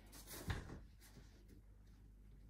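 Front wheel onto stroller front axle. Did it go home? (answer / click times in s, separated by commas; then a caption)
no / none. A front wheel is being handled onto the front axle of a Joie Signature Parcel stroller, with a short knock around 0.5 s over quiet background. The wheel has not seated or clicked yet.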